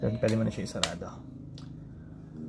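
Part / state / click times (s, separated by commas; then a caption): battery cover onto drone body / seated / 1.6 s. Someone talks briefly, then closes the drone's battery compartment cover onto the drone body after the battery has been seated. The cover snaps shut with a soft, short snap at 1.6 s.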